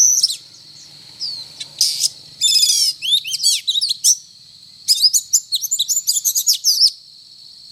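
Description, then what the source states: Oriental magpie-robin giving loud harsh bursts, then fast upswept whistles and a quick series of short sharp notes, over a steady high tone and a faint low hum early on. Indonesian local name kacer; described as gacor, actively and vigorously singing.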